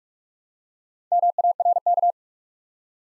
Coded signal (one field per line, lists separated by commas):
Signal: Morse code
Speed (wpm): 44 wpm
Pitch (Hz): 700 Hz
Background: none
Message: MARK